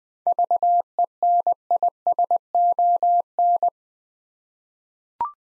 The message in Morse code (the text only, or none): VENISON